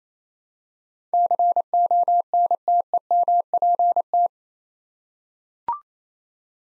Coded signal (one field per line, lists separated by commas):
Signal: Morse code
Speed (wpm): 28 wpm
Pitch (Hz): 700 Hz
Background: none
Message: CONTEMPT